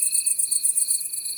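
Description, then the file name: Great green bush-cricket song, a shrill metallic buzz broken into fast regular pulses, unbroken from start to end. "La grande sauterelle verte"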